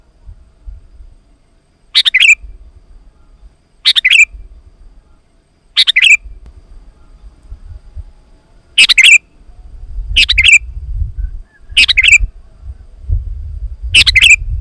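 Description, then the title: Sooty-headed bulbul repeating a brief phrase about every two seconds, with low rumbling noise between. "kutilang"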